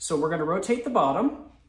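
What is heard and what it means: Someone talks while holding a hormone cream dose dispenser whose rotating base is about to be turned to dispense a dose. Only the voice is heard. The base has not yet been rotated, and nothing has clicked or seated yet.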